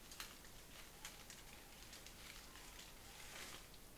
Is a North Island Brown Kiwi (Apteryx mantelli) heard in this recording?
no